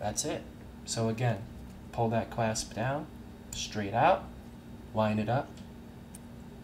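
A wristband clasp is being handled at a Fitbit Alta fitness tracker body, with the clasp pulled down and out and the second band end lined up to go into the tracker. Someone talks throughout, and a brief faint tick sounds near the end, but nothing has seated or clicked yet.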